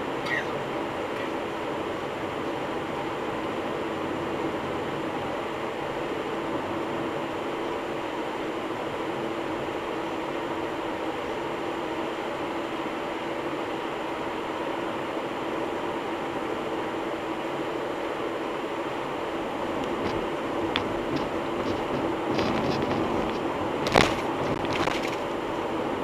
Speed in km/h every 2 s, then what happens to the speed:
103, 104, 104, 105, 105, 105, 105, 105, 104, 105, 105, 105, 105.
0-26 steady at about 105.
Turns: none.